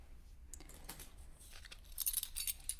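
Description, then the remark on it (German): A bunch of keys for security doors is pulled out and handled, giving off bright metallic jingles and clinks in irregular bursts that grow busier toward the end, with no voices. “Sie sind im Besitz solcher Schlüssel? Natürlich. Warten Sie.”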